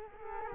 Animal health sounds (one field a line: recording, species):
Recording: mosquito wingbeat signal from an infrared sensor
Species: Culex quinquefasciatus